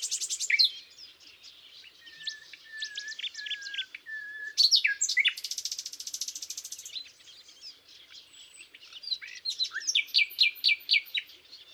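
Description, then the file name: Common nightingale song mixes drawn-out plaintive whistles, repeated one after another, with fast chattering, a dense buzzy rattle, and sharp repeated notes. "Luscinia megarhynchos"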